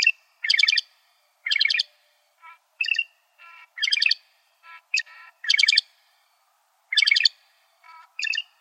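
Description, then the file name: Loggerhead shrike in a busy series of harsh buzzy rasps mixed with softer short notes and sharp high notes, roughly one or two calls a second. "LOSH 4 A deviche"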